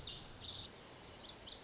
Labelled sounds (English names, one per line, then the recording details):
Lazuli Bunting
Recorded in Sonoma County, California